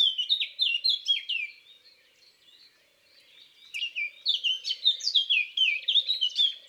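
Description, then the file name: Eurasian blackcap singing a rich, fast warble of varied chirping notes, a quieter pause midway, then another bright burst of tumbling phrases. Recorded in woods and forests. "Fauvette a tete noire Chants doiseaux des bois et des forets"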